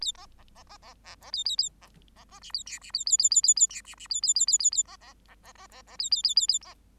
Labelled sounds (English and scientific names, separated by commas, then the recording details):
Bengalese Finch (Lonchura striata domestica) song
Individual Bird8